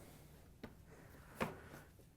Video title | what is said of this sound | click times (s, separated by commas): How To: Samsung Dryer Heating Element DC47-00019A | Once you have that snapped into place, we can put the top back on. | 0.6 s, 1.4 s